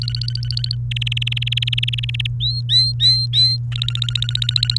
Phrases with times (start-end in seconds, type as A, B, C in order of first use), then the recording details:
0.02-0.75 A, 0.91-2.27 B, 2.40-3.56 C, 3.72-4.78 A. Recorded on 29 April 2018 at 15:18. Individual llb3